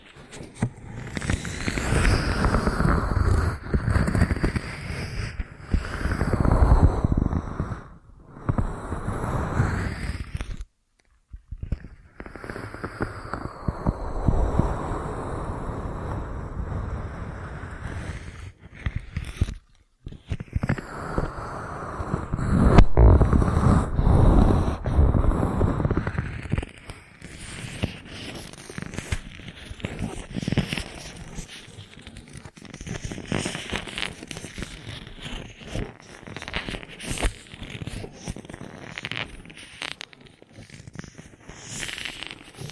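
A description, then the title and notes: Rubbing and scraping sounds move across the ears as in a massage, with muffled swells of low friction broken by sudden silences near 11 and 20 seconds. After about 27 seconds the rubbing turns lighter, thinner and more crackly. ASMR 3D Ear Massage that Penetrates Your Brain (No Talking).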